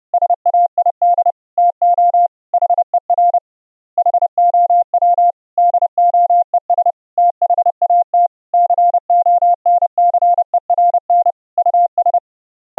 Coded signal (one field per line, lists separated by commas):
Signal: Morse code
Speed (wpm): 30 wpm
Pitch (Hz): 700 Hz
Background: none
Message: SAID TO HER HOW DOES THAT CONCERN US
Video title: using the PulseEffects APP to clean up a harsh square wave CW sidetone from a CW KEYERs audio output